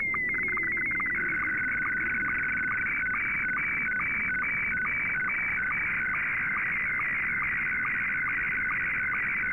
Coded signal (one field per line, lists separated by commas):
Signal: SSTV (slow-scan television)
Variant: Scottie 1